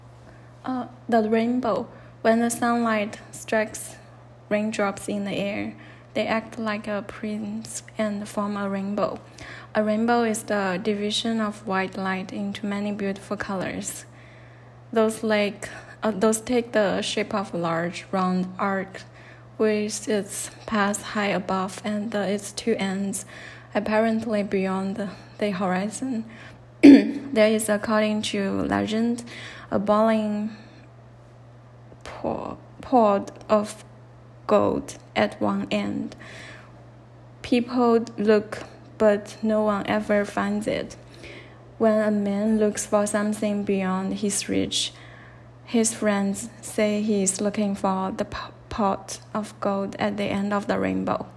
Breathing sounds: reading aloud after running; female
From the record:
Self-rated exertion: light exertion (2 of 6); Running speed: 5 miles an hour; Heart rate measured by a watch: 94 beats a minute at the start, 92 at the end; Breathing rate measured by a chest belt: 17 breaths a minute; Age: 30 years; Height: 160 cm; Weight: 51 kg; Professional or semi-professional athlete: no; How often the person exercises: 3 to 5 times a week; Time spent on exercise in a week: over 5 hours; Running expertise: no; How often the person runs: 3 to 5 times a week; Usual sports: running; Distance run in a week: 60 km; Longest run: 42 km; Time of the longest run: 267 minutes

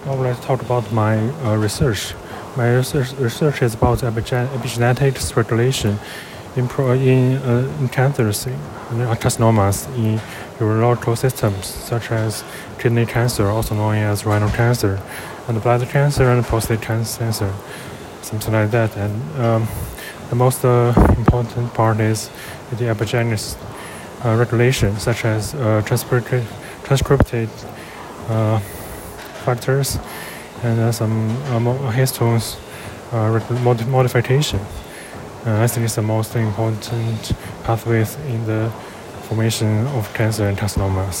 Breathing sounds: free speech after running; male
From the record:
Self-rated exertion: light exertion (2 of 6); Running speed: 7 miles an hour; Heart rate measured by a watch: 117 beats a minute at the start, 118 at the end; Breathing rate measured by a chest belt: 16 breaths a minute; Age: 33 years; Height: 178 cm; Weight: 73 kg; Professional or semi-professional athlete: no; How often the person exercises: 1 to 2 times a week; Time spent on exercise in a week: under 1 hour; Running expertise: no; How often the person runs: under once a week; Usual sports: tennis

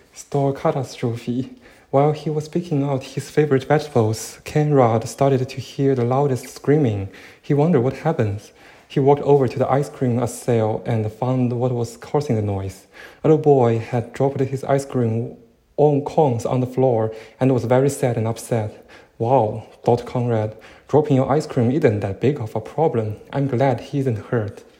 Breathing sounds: reading aloud after running; male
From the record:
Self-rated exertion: moderate exertion (3 of 6); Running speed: 8 miles an hour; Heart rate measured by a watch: 96 beats a minute at the start, 95 at the end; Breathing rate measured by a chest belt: 14 breaths a minute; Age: 24 years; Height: 185 cm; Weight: 79 kg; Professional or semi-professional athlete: no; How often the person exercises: 1 to 2 times a week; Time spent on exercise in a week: 2 to 3 hours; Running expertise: no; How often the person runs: 1 to 2 times a week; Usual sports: running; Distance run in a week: 20 km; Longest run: 10 km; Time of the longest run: 50 minutes

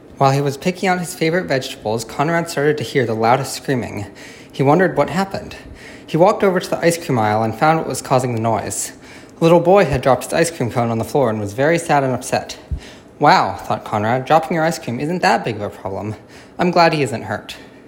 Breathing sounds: reading aloud after running; male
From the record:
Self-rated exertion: vigorous exertion (4 of 6); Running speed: 5 miles an hour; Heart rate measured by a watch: 50 beats a minute at the start, 52 at the end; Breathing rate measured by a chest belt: 11 breaths a minute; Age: 21 years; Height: 168 cm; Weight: 61 kg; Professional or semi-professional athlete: no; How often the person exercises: under once a week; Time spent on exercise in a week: 1 to 2 hours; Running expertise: yes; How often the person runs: under once a week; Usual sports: running, hiking, soccer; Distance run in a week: 0 km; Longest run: 10 km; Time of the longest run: 50 minutes

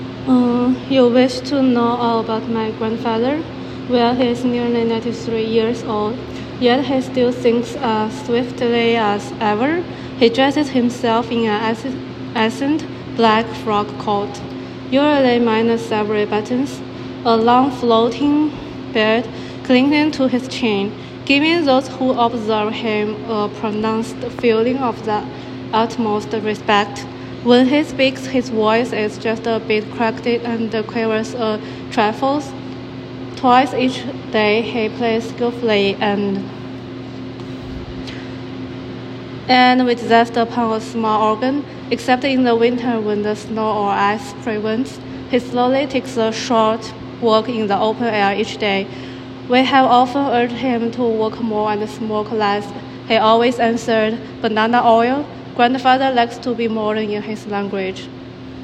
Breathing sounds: reading aloud after running; female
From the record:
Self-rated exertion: very light exertion (1 of 6); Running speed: 6 miles an hour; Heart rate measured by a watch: 149 beats a minute at the start, 139 at the end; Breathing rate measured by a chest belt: 20 breaths a minute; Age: 33 years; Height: 155 cm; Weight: 48 kg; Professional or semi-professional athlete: no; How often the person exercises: 3 to 5 times a week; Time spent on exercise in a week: under 1 hour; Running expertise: no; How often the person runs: under once a week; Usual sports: hiking, cycling

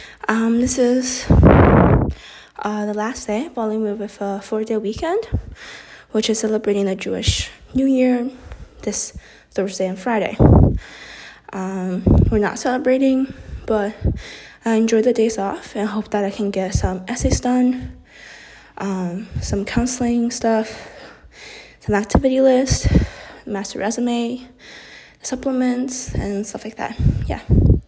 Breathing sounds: free speech after running; female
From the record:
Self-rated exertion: vigorous exertion (4 of 6); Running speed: 6 miles an hour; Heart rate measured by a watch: 139 beats a minute at the start, 133 at the end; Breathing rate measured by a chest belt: 15 breaths a minute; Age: 18 years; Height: 171 cm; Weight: 75 kg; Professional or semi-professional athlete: no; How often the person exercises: 1 to 2 times a week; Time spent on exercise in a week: under 1 hour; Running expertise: no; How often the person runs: 1 to 2 times a week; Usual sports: running, fencing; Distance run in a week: 3 km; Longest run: 21.3 km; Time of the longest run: 190 minutes

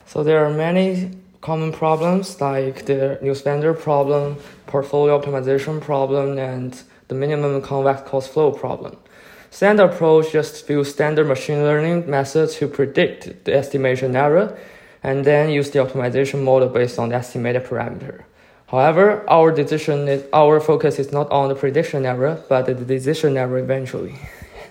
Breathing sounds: free speech after running; male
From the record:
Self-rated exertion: light exertion (2 of 6); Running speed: 7 miles an hour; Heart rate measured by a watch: 125 beats a minute at the start, 127 at the end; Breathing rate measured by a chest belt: 10 breaths a minute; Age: 23 years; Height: 172 cm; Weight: 64 kg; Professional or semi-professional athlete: yes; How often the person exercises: 3 to 5 times a week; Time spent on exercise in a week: 2 to 3 hours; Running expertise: no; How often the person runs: 1 to 2 times a week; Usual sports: running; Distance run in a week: 15 km

